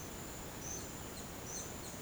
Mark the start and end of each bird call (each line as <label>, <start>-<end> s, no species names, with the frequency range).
bird call (2.9-4.8 kHz), 0.71-2.01 s